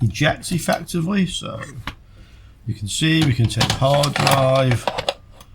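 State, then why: Not seated. A hard drive bay door is handled at its drive enclosure while someone talks, and the drive tray is shown ejecting. The clip is mostly speech with a brief quiet stretch, and nothing has seated or clicked yet.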